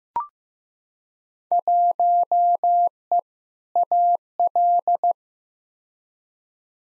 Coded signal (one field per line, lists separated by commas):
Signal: Morse code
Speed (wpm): 15 wpm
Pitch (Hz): 700 Hz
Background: none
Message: 1E AL